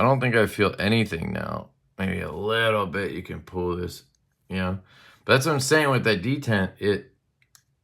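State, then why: Released. Someone talks, then the reassembled folding knife is flicked open and its blade breaks out of the detent ball in the handle with a single sharp click at 7.6 seconds rather than rolling out, releasing the blade.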